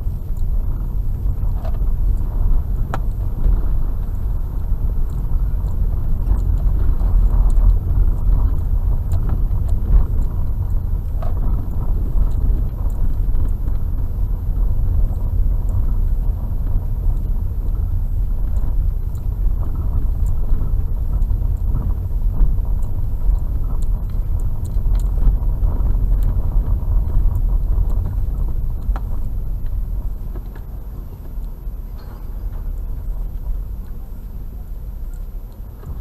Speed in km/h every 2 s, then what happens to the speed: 15, 14, 16, 17, 15, 15, 14, 16, 14, 14, 15, 15, 18, 18, 9, 4, 7, 6.
0-26 steady at about 15. 26-30 brakes to 4. 30-36 steady at about 6.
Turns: none.